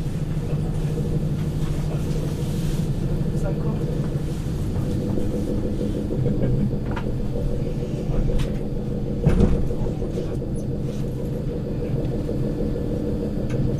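A night train ride: a steady, dense low rumble with a droning hum that holds throughout. Faint clicks and knocks come through now and then, with a brief louder thump around eight seconds and another near nine seconds.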